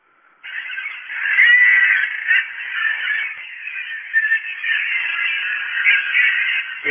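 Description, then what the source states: Common Guillemots calling as a colony, a dense continuous babble of harsh overlapping calls. Heard near sea cliffs; very noisy, a cacophony.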